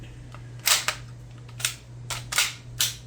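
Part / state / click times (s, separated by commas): magazine into submachine gun mag well / seated / 2.8 s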